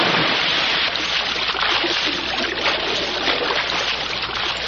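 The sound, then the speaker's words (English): Steady, fairly loud water splashing and sloshing for several seconds, a dense rushing wash with small bursts throughout, as a woman climbs out of a pool. No voices. “the other day she's getting out of the pool.”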